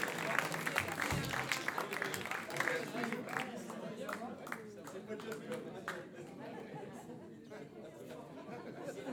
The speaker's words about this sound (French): on peut l'applaudir encore très fort. C'est la première fois qu'il monte sur la scène du jazz club.